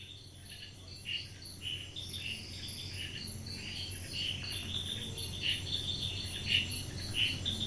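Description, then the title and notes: Insects chirping in short bright pulses, irregularly repeated, over a steady high shimmer and a low continuous drone. Night chorus of insects at 10pm in June 2022, Cotigao wildlife sanctuary, Netravali, Goa, India; air conditioning drone audible. "Cotigao wildlife sanctuary. June 2022, 10pm Netrevali, Goa, India, sounds of the night - insects chirping, air conditioning drone. Recorded by Mark Wilden. Part of the Music for Sleep project"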